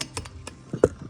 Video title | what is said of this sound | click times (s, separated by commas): Did We Fix The No Spark Issue On This Polaris ATV!? | Make sure it clicks. Locks on. | 0.8 s